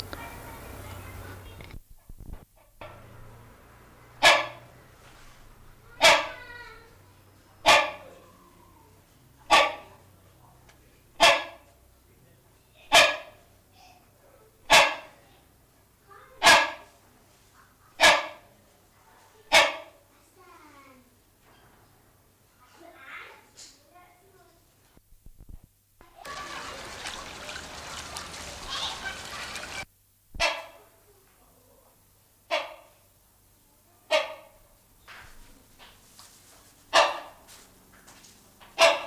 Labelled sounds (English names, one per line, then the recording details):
Rhinoceros Hornbill call
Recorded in captivity
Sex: pair
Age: adult
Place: Zoo Berlin, Berlin, DE
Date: 1999-10-19 14:13
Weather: heiter, ca. 6°C
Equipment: Sony WM-D6C, Sennheiser ME 80, Kopie Uher 4000 Report Monitor
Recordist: Tembrock, Günter
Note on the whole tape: Männchen: Rufreihen, zum Teil fällt das Weibchen mit ein. Doppellaut und einsilbig, Entfernung ca. 5 bis 6 m. Stellenweise sehr gute Aufnahmequalität